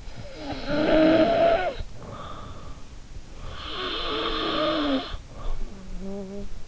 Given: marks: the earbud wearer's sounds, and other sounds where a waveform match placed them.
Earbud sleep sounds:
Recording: sounds in sleep by an in-ear microphone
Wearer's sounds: snoring breath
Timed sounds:
0.13-2.85 s: snoring breath
3.41-6.58 s: snoring breath

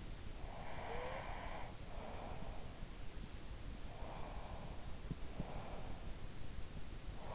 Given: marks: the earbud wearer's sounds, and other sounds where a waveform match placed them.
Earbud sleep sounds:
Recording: sounds in sleep by an in-ear microphone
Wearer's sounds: breath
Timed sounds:
0.61-2.41 s: breath
3.94-6.17 s: breath

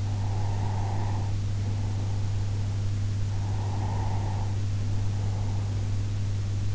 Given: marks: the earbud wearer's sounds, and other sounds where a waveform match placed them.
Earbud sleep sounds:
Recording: sounds in sleep by an in-ear microphone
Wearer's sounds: breath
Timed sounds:
0.11-2.70 s: breath
3.51-6.48 s: breath

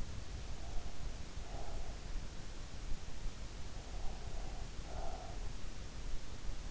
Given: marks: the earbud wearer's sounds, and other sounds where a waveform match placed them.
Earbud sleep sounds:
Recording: sounds in sleep by an in-ear microphone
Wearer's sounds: breath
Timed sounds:
0.58-2.08 s: breath
3.96-5.39 s: breath

